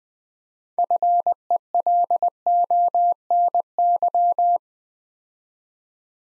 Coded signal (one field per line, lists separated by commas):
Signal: Morse code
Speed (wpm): 20 wpm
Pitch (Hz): 700 Hz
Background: none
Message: FELONY